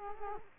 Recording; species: mosquito wingbeat signal from an infrared sensor; Culex quinquefasciatus